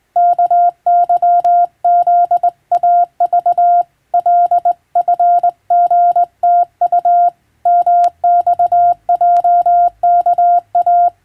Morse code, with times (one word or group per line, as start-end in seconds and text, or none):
0.2-3.8 KYZAV
4.1-7.3 LFGTU
7.7-11.1 MXJKA